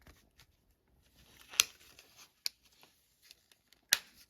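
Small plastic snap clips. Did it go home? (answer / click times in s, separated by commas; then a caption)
yes / 1.6 s, 2.5 s, 3.9 s. The remaining plastic shell clips of an RC helicopter body are pressed one by one into the body half, with sharp, bright clicks at 1.6, 2.46 and 3.93 seconds. Fainter handling rustles and small ticks fill the gaps between them. The clips seat back in, with the shell halves clicked together.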